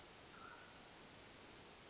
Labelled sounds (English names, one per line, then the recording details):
Mountain Quail
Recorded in Sonoma County, California